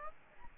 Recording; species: mosquito wingbeat signal from an infrared sensor; Aedes aegypti